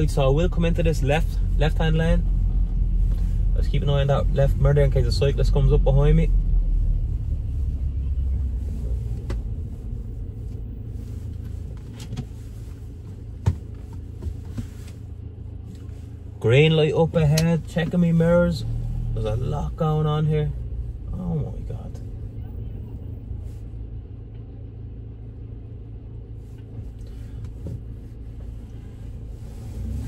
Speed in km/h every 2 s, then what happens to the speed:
9, 11, 13, 9, 6, 0, 0, 0, 0, 0, 1, 1, 0, 0, 0.
0-5 steady at about 11. 5-10 slows to 0. 10-30 standing.